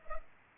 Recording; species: mosquito wingbeat signal from an infrared sensor; Culex pipiens